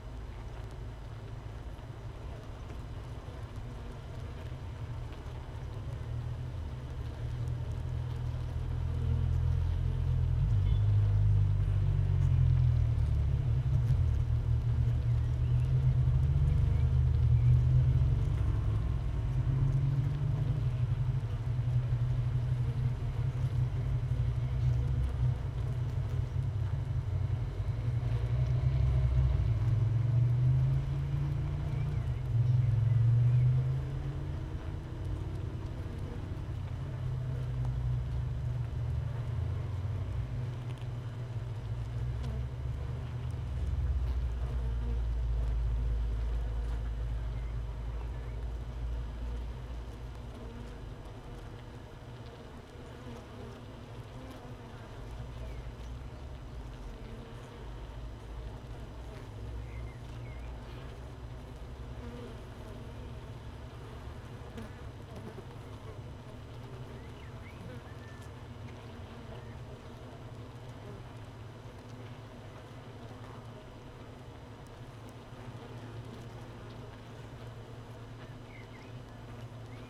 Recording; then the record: honeybee colony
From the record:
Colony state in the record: missing queen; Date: 31 May 2018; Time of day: 15:06